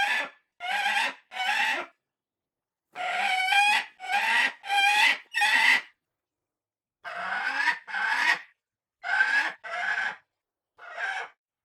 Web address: buzzard common screech